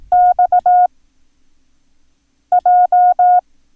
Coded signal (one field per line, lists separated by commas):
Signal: Morse code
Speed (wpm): 18 wpm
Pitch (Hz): 720 Hz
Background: none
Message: XJ